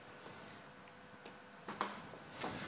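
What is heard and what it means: A finished wiring connector is plugged straight onto an ignition coil, with a sharp plastic click at 1.3 s and a louder, sharper click at 1.8 s, followed by a soft rustle. The connector is seated on the coil.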